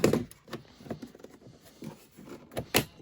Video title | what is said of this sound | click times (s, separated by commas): 24VLi Ion for Snow Joe Electric Snow Blower | go in here like this, push them in until it clicks, and now we are ready to use it. | 2.8 s